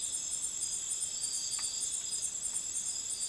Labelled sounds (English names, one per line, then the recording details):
none
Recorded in dense forest near Puerto Asís, Putumayo, Colombia, on 18 February 2024 at 03:00
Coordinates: 0.505, -76.324
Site G6467